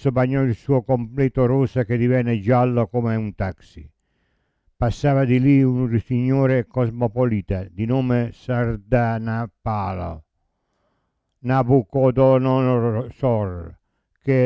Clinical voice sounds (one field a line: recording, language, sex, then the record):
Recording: read passage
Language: Italian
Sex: male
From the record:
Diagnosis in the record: Parkinson's disease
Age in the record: 70 years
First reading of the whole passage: 65 s, 7.9 characters per second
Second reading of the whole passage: 60 s, 8.6 characters per second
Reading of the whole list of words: 48 s, 5.8 characters per second